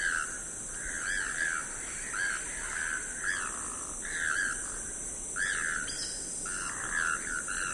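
Choco toucan uttering repeated harsh, croaking notes in uneven clusters, some with a brief rising edge, set against a continuous high insect buzz.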